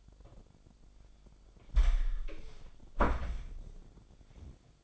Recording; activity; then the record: daily activity, microphone in the room; close door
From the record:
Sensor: 5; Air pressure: 1007.2 hPa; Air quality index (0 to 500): 171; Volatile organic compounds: 4 ppm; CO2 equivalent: 1633 ppm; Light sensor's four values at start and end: 56/159/62/62 and 56/157/61/61